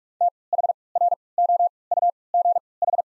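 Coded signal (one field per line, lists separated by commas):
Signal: Morse code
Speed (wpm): 45 wpm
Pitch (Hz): 700 Hz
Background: none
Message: T H R O U G H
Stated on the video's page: Morse code practice of the top 200 words at 45 wpm with 3x character spacing, a form of Farnsworth timing.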